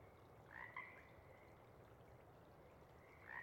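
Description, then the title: Pacific chorus frog calling a two-part ribbit, followed by a long pause and the start of another call, with quiet hiss behind. Sparse chorus just before dawn as twilight breaks; most of the group has gone back to burrow and sleep, a few individuals still calling to attract a mate. "Chorus Frogs, Sparse, pre-Dawn"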